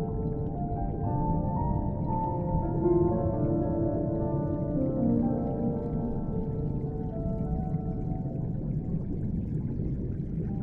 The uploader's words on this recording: Soothing Classical Piano Underwater Ambience. Soft classical piano echoes from the depths of the ocean through muffled underwater sounds.